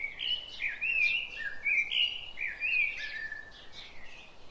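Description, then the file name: Common blackbird pouring out a continuous mellow, fluty warble with quick squeaky accents. "Turdus merula"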